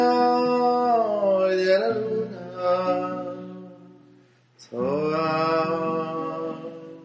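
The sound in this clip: Horse whinnying: a long, shaky, falling neigh, a short pause, then a second strong neigh that trails off downward.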